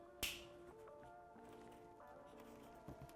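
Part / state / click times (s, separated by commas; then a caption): gray locking cover on dash harness connector / not seated / none. A gray plastic locking cover on the back of a dash harness connector is handled while installing a Tusk plug-and-play turn signal and horn kit on a 2024-and-newer Polaris RZR XP/XP4 1000, with a sharp snap near the start over steady background music. Nothing has seated or clicked yet; the clip ends just before the part goes home.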